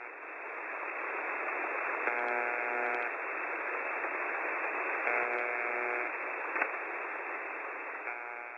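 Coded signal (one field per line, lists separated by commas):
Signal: channel marker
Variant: UVB-76 style buzzer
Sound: steady shortwave hiss with three faint one-second buzzes about three seconds apart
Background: radio static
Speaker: late last summer the famous buzzer signal was joined by a baby brother another identical albeit weaker signal down on four six one two kilohertz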